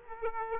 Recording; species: mosquito wingbeat signal from an infrared sensor; Aedes aegypti